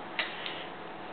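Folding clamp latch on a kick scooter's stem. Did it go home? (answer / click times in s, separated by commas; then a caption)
released / 0.2 s. After the pivot bolt is tightened, the now stiffer metal folding clamp latch on the stem of a Razor Pro kick scooter is forced open. A sharp tick at 0.2 s marks the latch clicking open and releasing, followed by a fainter tick at about 0.5 s over a steady background hiss.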